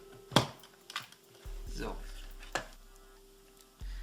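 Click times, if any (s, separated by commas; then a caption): 0.4 s. The boiler/heater unit of a Senseo coffee pad machine is pressed back into its plastic guide in the housing, snapping in with a sharp click at 0.4 s. Softer handling knocks and another sharp tap follow while someone talks, and the boiler is confirmed latched in place.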